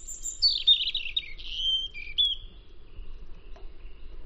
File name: European Robin